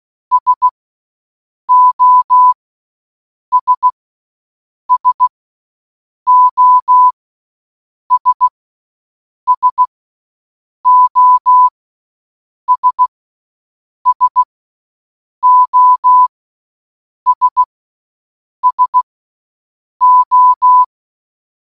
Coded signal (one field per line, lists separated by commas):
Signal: Morse code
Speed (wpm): 16 wpm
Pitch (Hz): 1000 Hz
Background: none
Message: SOS SOS SOS SOS SO